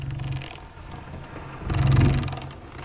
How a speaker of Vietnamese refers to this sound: Hai cánh cửa gỗ từ từ mở ra.